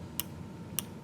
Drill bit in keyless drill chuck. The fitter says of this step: there okay so I heard a few clicks happen so if I grab the bit